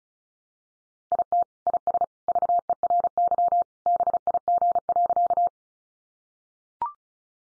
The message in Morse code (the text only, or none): IT IS VERY BIG.